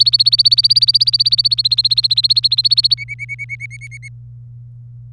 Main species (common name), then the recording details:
Domestic Canary. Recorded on 26 April 2018 at 16:09. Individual llb3